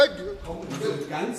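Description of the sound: A brief voiced call of about a second and a half from an adult man walking through city streets, without recognisable words, rising in pitch toward its end over faint street background. It is a vocal tic of Tourette syndrome: a sudden, involuntary shouted sound, loud enough to be heard from afar. He has tics every day, such as shouting.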